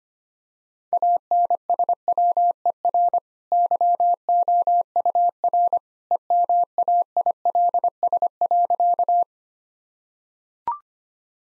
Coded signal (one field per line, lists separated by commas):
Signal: Morse code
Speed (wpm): 25 wpm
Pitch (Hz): 700 Hz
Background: none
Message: ANSWER YOUR EMAILS.